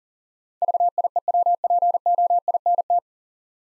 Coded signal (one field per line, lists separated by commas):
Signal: Morse code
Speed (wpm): 40 wpm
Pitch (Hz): 700 Hz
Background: none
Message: VIEWPOINT